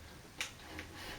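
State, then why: Seated. A rubber gasket is pushed by hand into the groove under the rim of a stainless SS Brewtech Brew Bucket fermenter lid, worked around the edges. Two short clicks at 0.4 s and 0.8 s mark it seating into place. The gasket is seated properly, sealing the lid so contaminants in the air cannot reach the beer and infect it.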